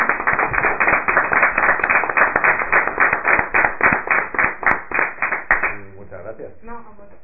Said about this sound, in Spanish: Bueno, pues si no hay más preguntas, yo propongo que le demos un aplauso. A mí me ha gustado mucho cómo ha hablado.